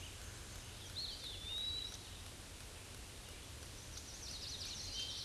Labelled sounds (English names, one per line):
Eastern Wood-Pewee song